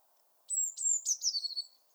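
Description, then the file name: Eurasian blue tit call, a sustained high thin note breaking into a quick falling churr of pulses, lasting just over a second. "Cyanistes caeruleus"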